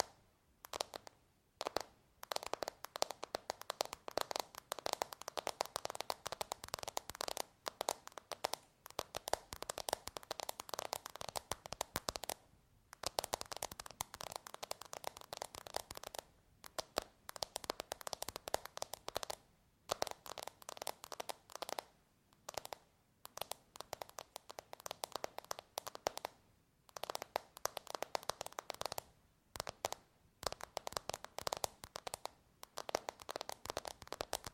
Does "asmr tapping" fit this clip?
yes